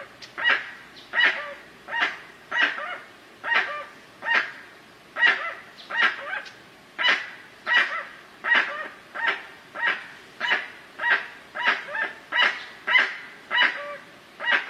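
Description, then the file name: Guan yelping continuously, a long chain of many rough, honk-like calls. "canto do jacu"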